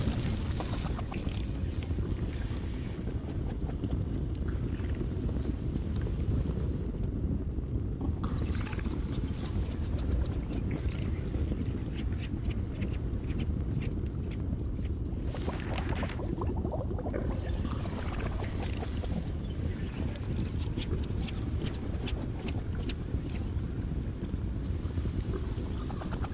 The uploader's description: Cauldron boiling/bubbling